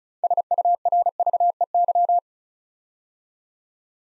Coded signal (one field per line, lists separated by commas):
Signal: Morse code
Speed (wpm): 36 wpm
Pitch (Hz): 700 Hz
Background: none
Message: SURVEY